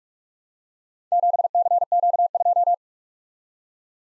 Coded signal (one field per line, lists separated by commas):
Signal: Morse code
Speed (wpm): 44 wpm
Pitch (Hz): 700 Hz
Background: none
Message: 7CQ2